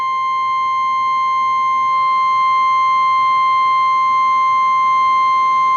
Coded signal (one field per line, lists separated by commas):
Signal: Emergency Alert System (SAME) tones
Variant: 1050 Hz attention tone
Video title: Severe Thunderstorm Warning (EAS #455)